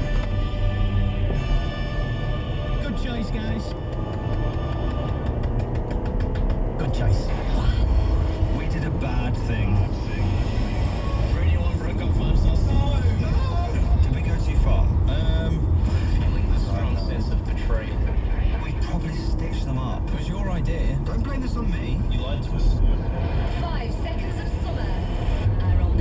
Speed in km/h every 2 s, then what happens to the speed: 44, 53, 63, 69, 72, 71, 69, 63, 58, 55, 52, 53, 58.
0-7 speeds up to 72. 7-20 slows to 52. 20-26 speeds up to 58.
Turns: none.